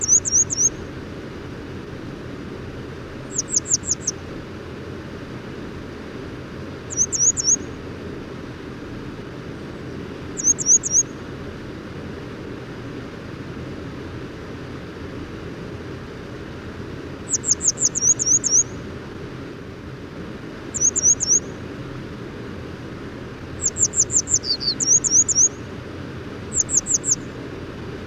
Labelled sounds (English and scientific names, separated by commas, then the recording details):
Grey Wagtail (Motacilla cinerea) song
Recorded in the wild
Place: Blumenholz, Mecklenburg-Vorpommern, DE
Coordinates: 53.36, 13.073
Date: 1979-04-20 04:45
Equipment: Nagra III BH, Sennheiser MD 21, parabola
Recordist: Schubert, Michael